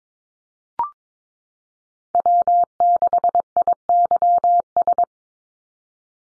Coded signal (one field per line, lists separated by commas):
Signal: Morse code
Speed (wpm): 22 wpm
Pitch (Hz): 700 Hz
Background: none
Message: W6IYS